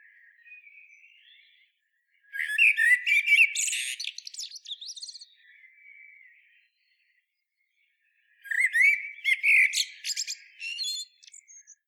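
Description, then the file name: Common blackbird song: two loud phrases of squeaky, chattering twitter about six seconds apart, with soft warbled notes between them. "Turdus merula"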